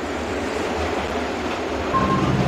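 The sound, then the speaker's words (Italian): A metro train rumbles through the underground metro station beneath the Duomo di Milano in Milan, a loud, steady low roar with rattling texture. A thin, high squeal briefly rises near the end. No one speaks. “Siamo sotto il Duomo di Milano nella stazione metropolitana ed è in corso Live Me, la manifestazione che ogni sabato dà modo a musicisti emergenti di cantare ed esibirsi in mezzo alla gente che va e che viene.”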